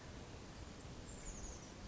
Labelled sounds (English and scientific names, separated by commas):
Oak Titmouse (Baeolophus inornatus)